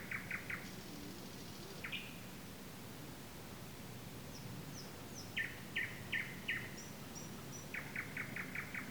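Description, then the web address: Nightingale song with quick repeated chooks, a high buzzy trill, a swooping whistle, then a series of strong repeated notes ending in a rapid stuttering run. Recorded on 15 May 2022. "slowik-spiew-slowika-15052022"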